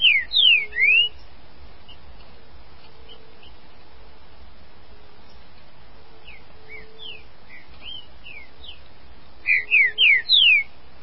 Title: Trinca Ferro